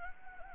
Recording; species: mosquito wingbeat signal from an infrared sensor; Anopheles arabiensis